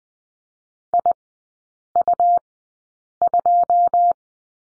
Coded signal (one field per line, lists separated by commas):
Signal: Morse code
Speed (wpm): 20 wpm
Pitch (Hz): 700 Hz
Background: none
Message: IU2